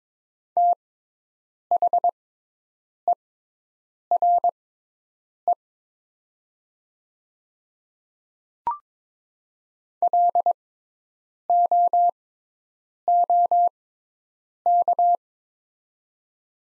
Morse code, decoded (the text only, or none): THERE LOOK